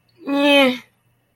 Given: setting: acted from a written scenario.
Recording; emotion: vocal sound without words; neutral